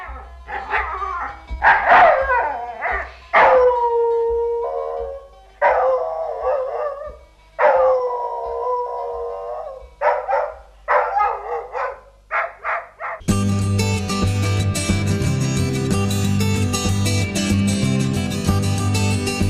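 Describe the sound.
Voices imitate a dog, trading long wavering howls with short sharp barks for several seconds, before loud, dense music abruptly takes over.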